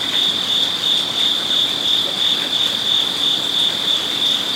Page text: Zen Garden Night Crickets Japan. amb crickets koipond Kyoto zen garden night Japan: Zen garden, Kyoto, Japan. Koi pond, crickets ambience, night time